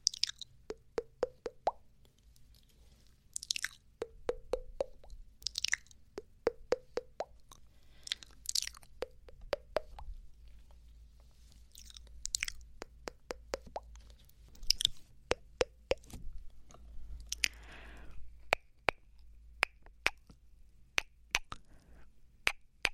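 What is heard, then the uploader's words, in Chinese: Mouth sounds: quick tongue flutters, pecking clicks and popping bursts repeat in tight clusters every second or two, with wet hissy smacks scattered through. The clicks are sharp against a low, steady hum, thinning toward the end. 舌头prprpr~啄耳~啵啵啵。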